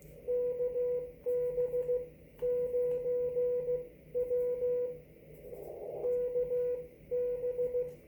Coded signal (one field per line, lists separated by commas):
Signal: Morse code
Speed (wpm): 14 wpm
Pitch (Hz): 490 Hz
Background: radio noise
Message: KB9W KB